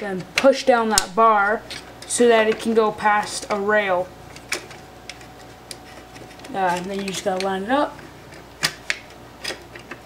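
Someone talks while fitting a plastic internal part into the shell of a Nerf Longstrike foam-dart blaster during an air restrictor mod, pushing down a bar so it can pass a rail and lining the part up. Short, sharp plastic taps and knocks sound between the words, the loudest near 8.9 s. Nothing has seated or clicked into place yet.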